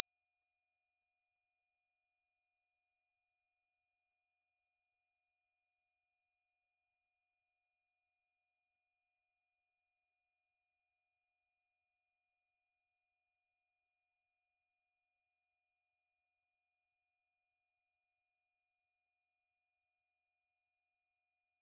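A single pure sine tone at 5592 Hz holds perfectly steady for the full twenty-two seconds. The pitch is high and thin, and the level never changes. Nothing else is audible behind it: no background noise, no other sounds.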